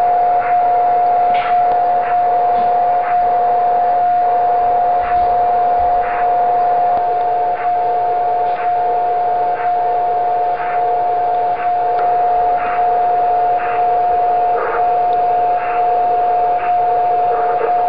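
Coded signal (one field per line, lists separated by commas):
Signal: radio time signal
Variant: DCF77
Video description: ] Dort dekodiert das Programm SoDiRa schließlich das Signal zur Darstellung der Uhrzeit und des Datums.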